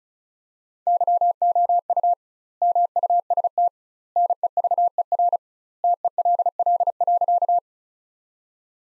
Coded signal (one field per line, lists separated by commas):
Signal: Morse code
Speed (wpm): 36 wpm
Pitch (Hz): 700 Hz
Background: none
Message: YOU MUST NEVER TELL.